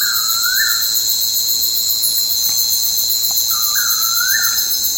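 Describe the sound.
Bird call, two whistled notes that slide upward and then flatten, about three seconds apart, over a loud, steady high insect chorus.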